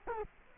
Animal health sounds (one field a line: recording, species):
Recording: mosquito wingbeat signal from an infrared sensor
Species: Culex quinquefasciatus